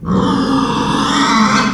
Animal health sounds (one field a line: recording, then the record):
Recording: squeal of a Yucatan mini pig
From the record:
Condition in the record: after surgery on the right vocal fold (resection and tissue-engineered implant)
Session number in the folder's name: 16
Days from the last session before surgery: 183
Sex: female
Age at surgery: 19 weeks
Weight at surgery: 25 kg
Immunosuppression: prednisolone